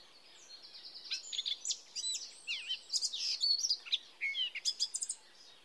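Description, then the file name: Eurasian blackcap warbling amid a steady hiss of background noise, a busy mix of high twittering and brief whistled notes. "Sylvia atricapilla"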